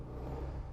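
A plastic proximity key fob is being handled toward a dedicated slot in the center console of a Toyota Corolla XEi, where it fits snugly. A steady low rumble runs through the whole clip, with no sharp transients. Nothing has seated or clicked yet.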